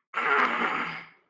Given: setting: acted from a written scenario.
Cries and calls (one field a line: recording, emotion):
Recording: vocal sound without words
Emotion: fear